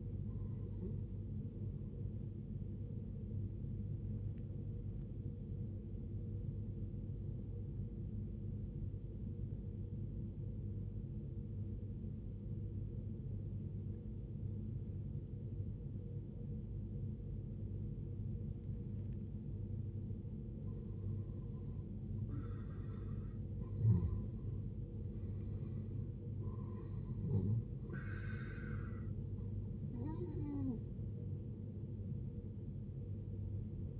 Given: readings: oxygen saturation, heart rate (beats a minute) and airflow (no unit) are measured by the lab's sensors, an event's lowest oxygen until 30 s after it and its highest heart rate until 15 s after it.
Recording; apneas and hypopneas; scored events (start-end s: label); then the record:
breathing in sleep by a smartphone at the bedside; 1
7.00-24.60 s: obstructive apnea (N2, oxygen 95% highest, then 90% lowest, heart rate 83 at the start, 83 highest)
33.00-34.00 s: new sleep stage, awake
From the record:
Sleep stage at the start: N2 (light sleep); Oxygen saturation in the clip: 93 to 97%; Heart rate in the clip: 58 to 93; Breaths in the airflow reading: 4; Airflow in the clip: -12.8 to 13.7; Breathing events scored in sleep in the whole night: 389 in 6.3 hours asleep